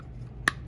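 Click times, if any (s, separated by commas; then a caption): 0.5 s. A small polycarbonate sip flap on the plastic lid of an Ozark Trail 30oz stainless steel tumbler is pushed over the drinking hole. It snaps shut with a sharp, bright click at 0.5 s, followed by a fainter click at 0.7 s over quiet low background noise. The flap seats firmly in place.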